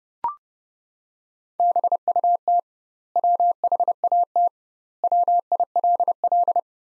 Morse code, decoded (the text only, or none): BUT WHAT WILL